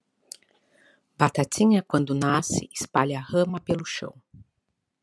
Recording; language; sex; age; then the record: short text; Brazilian Portuguese; female; 40 to 49 years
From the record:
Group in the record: control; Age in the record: 44 years